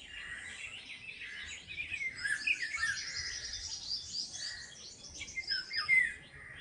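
Birds singing in an overlapping chorus of chirps and twittering phrases, busiest in the middle seconds, with a few sharp notes near the end.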